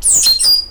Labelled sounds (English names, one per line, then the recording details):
Stitchbird song
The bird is a male
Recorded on Tiritiri Matangi Island, New Zealand, in 2005
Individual 12, of nest box 16